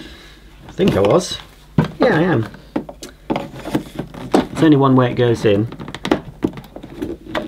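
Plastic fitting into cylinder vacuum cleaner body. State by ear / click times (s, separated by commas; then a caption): not seated / none. A stiff plastic fitting is pushed into the body of a 1980s Hoover S3448 Sensotronic System 10 cylinder vacuum cleaner after its orientation is checked, while someone talks. Only dull, wooden-sounding thunks are heard, clustered around 2.8–3.4 s and 5.9–6.1 s, with another at 7.4 s. The fitting goes in, but nothing has clicked into place yet.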